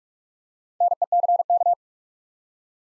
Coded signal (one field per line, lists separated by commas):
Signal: Morse code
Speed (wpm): 44 wpm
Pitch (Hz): 700 Hz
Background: none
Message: NECK